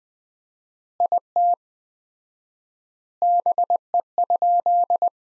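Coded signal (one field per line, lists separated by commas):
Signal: Morse code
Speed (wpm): 20 wpm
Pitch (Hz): 700 Hz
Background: none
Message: IT BE?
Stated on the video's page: Morse practice at 20 wpm: sentences from the top 100 words, sent with 4x standard word spacing, a word-level analogue of Farnsworth spacing.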